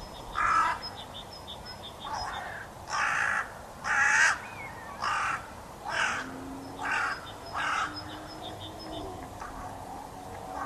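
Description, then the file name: Carrion crow uttering a series of about eight rough, grating caws, with a low hum behind. "Corvus corone"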